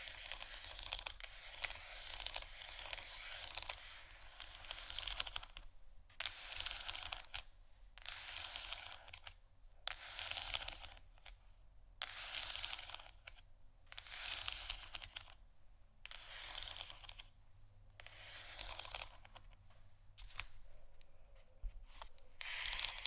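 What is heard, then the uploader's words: Scratching and tapping on canisters. Dense, bright scraping bursts come in quick runs of one to two seconds, broken by brief silent gaps, with crisp clicky taps in between. A faint low hum sits underneath throughout. ASMR Scratching & Tapping On Canisters（No Talking）.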